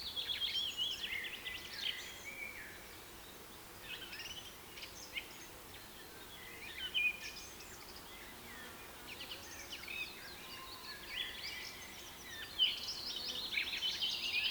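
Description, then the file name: Many birds calling at once, a dense, continuous mix of chirps, trills and short whistles, with a few sharper notes standing out. Rain forest. "KPR Sounds - Rain Forest Bird Sounds"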